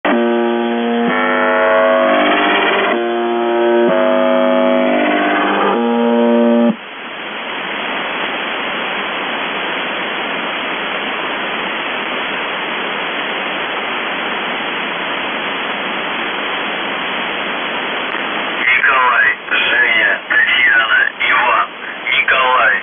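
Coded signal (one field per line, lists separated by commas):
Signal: numbers station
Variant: UVB-76 (The Buzzer)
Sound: repeated harsh buzz tones, then steady hiss, then a short distorted spoken voice message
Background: radio static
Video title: The Buzzer/UVB-76(4625Khz) September 2, 2021 07:51UTC Voice message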